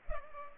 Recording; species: mosquito wingbeat signal from an infrared sensor; Culex pipiens